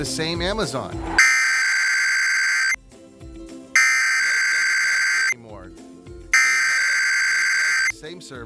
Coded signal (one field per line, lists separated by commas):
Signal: Emergency Alert System (SAME) tones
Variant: header bursts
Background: speech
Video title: KVPT-DT1 Program Break April 14 2021 + EAS Test